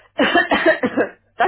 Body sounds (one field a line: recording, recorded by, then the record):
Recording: voluntary cough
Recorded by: telephone call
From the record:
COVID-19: positive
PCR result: checked with the laboratory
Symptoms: no